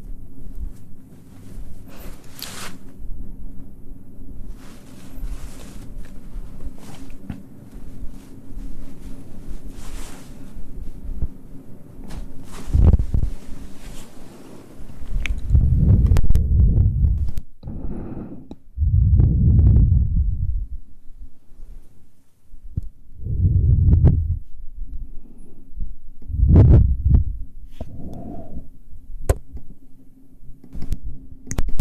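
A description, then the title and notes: Mouth sounds and hand movements: soft wet clicks and squishy smacks over a low, steady hum. The first half is sparse with scattered sharp ticks; after about fifteen seconds, deeper muffled thumps and swells arrive every few seconds. ASMR Tingly Mouth Sounds & Hand Movements.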